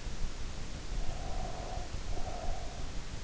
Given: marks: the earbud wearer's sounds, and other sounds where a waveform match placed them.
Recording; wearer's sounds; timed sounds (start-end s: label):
sounds in sleep by an in-ear microphone; breath
1.07-3.15 s: breath